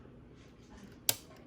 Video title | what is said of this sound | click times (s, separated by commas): HOW TO THREAD A JUKI 1541S | You'll hear this little click when I push it in. | 1.1 s